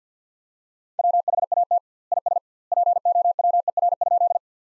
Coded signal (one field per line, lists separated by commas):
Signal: Morse code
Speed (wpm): 50 wpm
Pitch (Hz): 700 Hz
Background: none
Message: WHAT IS POWER?